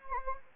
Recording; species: mosquito wingbeat signal from an infrared sensor; Anopheles gambiae